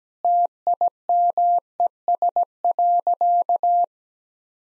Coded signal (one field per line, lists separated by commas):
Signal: Morse code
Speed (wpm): 17 wpm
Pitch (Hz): 700 Hz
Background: none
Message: TIMES.